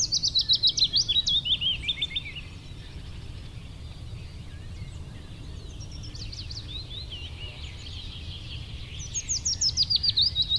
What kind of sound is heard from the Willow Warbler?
song